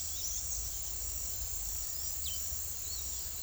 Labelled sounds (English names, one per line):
Black-striped Sparrow